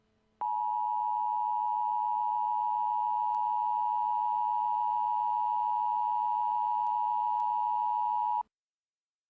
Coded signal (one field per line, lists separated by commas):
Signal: Emergency Alert System (SAME) tones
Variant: 853 and 960 Hz attention tone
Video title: Relive the Blizzard of January 2016 with the EAS